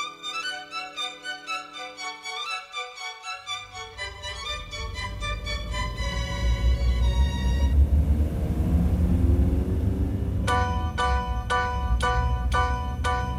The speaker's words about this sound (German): Balke und Frau Dr. Nelken in einem fahrenden Auto.